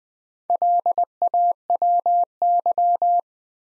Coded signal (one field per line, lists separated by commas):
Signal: Morse code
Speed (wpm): 20 wpm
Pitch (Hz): 700 Hz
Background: none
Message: LAWY